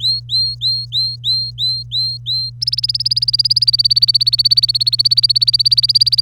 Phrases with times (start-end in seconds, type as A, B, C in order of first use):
0.00-2.50 A, 2.61-6.21 B